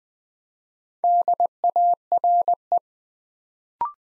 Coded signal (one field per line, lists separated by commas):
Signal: Morse code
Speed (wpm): 20 wpm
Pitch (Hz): 700 Hz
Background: none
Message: DARE